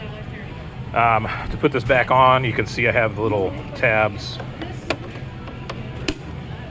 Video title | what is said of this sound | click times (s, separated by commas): How To connect & functions of Verifone Receipt Printers | and then that's it it just snaps back into place | 4.9 s, 6.1 s